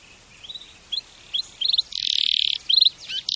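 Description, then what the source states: Canary singing short chirps and quick note groups, then a dense buzzy roll and brief trills, over a faint hissing background. Champion canary song, used for training other canaries.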